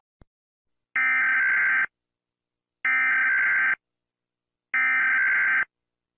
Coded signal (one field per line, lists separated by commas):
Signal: Emergency Alert System (SAME) tones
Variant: header bursts